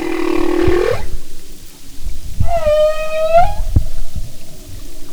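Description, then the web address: Humpback whale song: a buzzy rising roar, then a clear sustained harmonic moan lasting about a second, with low knocks and rumbles. "Sound and Marine Mammals humpback"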